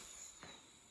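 A kart tire is inflated on its wheel until the rubber bead pops onto the rim seat with one sharp, broadband pop at 0.4 s over a steady high-pitched hiss. The bead is confirmed seated on the rim.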